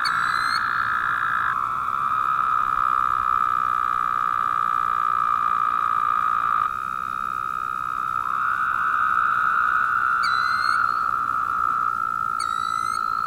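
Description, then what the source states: Woodhouse's toads keep up a continuous, buzzy, nasal drone of overlapping calls, with high, sharp, falling chirps near the start and end. Several toads calling.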